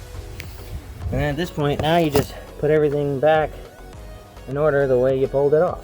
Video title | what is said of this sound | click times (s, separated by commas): Replacing Rotors, Brake pads and Wheel Bearings | And that clicks right into place, just like that. | 0.4 s